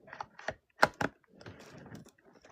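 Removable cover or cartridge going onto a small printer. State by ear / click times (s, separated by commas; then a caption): seated / 0.8 s. A removable cover or cartridge is refitted onto a small printer after reloading paper, with a few light taps as its orientation is tried. It goes on with a sharp click at 0.8 s, followed by a second click just after, and locks into place. A low, soft rumbling noise follows before the clip ends.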